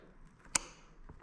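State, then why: Seated. The small headlight wiring coupler is pushed into its mating plastic headlight harness connector and latches with one sharp click at 0.6 seconds, with a few faint ticks around it. The coupler is seated.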